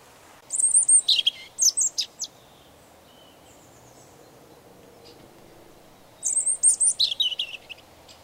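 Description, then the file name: European robin song with two sweet, high warbled phrases of rapid tumbling notes, separated by about four seconds of quiet broken only by faint high notes. "Erithacus rubecula"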